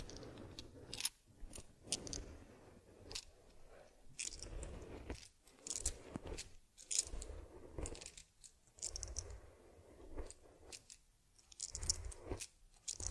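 Soft brushing and rubbing sounds from grooming a teddy bear, with a head massage, cleansing, combing and ear cleaning. Strokes come in uneven bursts every second or so, mixing low muffled rubbing with crisp, jingly scratches, separated by brief quiet gaps.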